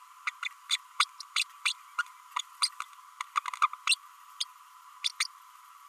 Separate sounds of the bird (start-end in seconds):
0.26-0.31, 0.44-0.48, 0.70-0.77, 0.99-1.04, 1.36-1.43, 1.65-1.73, 1.98-2.02, 2.39-2.41, 2.62-2.69, 3.35-3.40, 3.48-3.50, 3.62-3.67, 3.73-3.74, 3.89-3.95, 5.04-5.09, 5.19-5.24